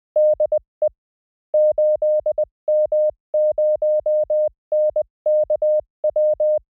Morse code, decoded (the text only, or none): DE 8M0NKW